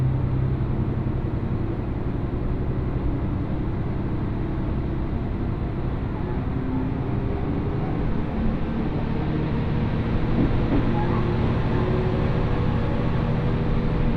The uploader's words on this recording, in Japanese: 耳で楽しむ鉄道旅 水島臨海鉄道 倉敷市→三菱自工前。